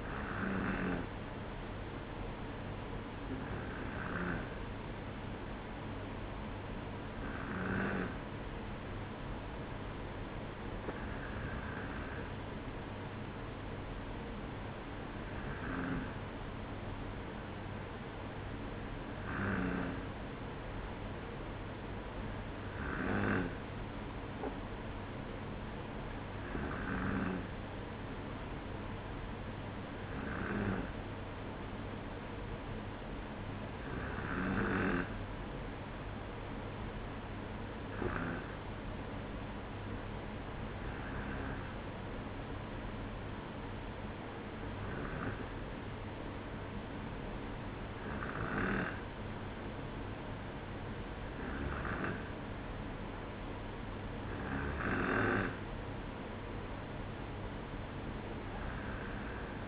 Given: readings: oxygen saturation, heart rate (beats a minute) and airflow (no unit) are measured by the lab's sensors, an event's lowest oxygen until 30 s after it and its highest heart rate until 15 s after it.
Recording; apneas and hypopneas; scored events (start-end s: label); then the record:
breathing in sleep by a voice recorder at the bedside; none
none scored
From the record:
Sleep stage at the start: N2 (light sleep); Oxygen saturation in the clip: 94%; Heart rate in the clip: 55 to 60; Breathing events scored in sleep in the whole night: 305 in 9.6 hours asleep